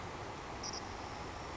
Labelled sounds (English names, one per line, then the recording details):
Savannah Sparrow
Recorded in Sonoma County, California